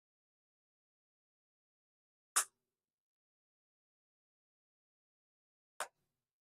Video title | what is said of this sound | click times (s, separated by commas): Starting Spring Break day 7, 2026 | Just like in the directions, guys, we heard the click. There we go. | 2.4 s, 5.8 s